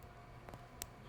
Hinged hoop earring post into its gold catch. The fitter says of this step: these click into place and they're super secure in fact you hear it you do and you feel it I don't know if you can hear that